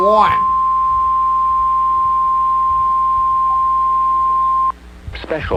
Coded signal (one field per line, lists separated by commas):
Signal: Emergency Alert System (SAME) tones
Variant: 1050 Hz attention tone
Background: speech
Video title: MARGINAL INSANITY 18: EL NIÑO RETURNS - EAS Alerts From 6/1/26 - 6/3/26 (EAS #5521-5556)